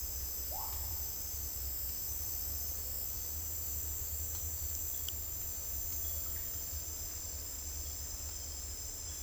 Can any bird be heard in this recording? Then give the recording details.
no. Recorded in secondary vegetation near Puerto Asís, Putumayo, Colombia, on 20 December 2024 at 09:00. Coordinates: 0.484, -76.319. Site GP06